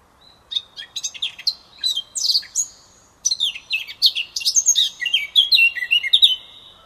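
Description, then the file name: Eurasian blackcap delivering two strophes of fast scratchy warbling mixed with pure whistles, the second ending in loud flute notes. "Sylvia atricapilla"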